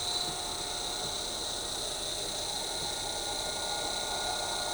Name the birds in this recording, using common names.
none